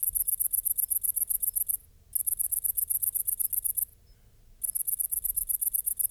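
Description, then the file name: Great green bush-cricket song: very high, rapid ticking buzz in long bursts of about two seconds, broken by short silent gaps, with faint low rumble beneath. "Tettigonia viridissima"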